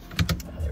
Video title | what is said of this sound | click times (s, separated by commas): Refrigerator Ice Maker Fix - Water Inlet Valve Replacement (Maytag /Whirlpool)! - by DIYNate | something's holding it back and fitting in there nicely there we go clamps in place so now we're good | 0.2 s, 0.3 s